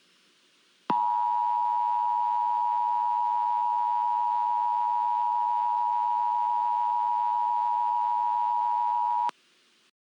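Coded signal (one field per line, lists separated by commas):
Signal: Emergency Alert System (SAME) tones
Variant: 853 and 960 Hz attention tone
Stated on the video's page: Fictional EAS scenario, a first attempt that may contain errors.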